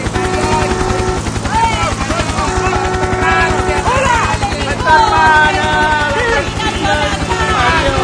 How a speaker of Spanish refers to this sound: En este momento voy a bajar con el helicóptero para recibir el calor del público.